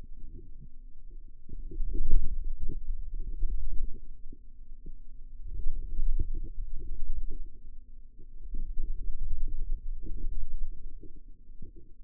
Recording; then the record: forearm muscle sounds (acoustic myography)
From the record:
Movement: radial deviation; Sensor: system 2, bracelet of six BSWA MPA416 microphones around the upper forearm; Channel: 3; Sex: female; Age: 22 years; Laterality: right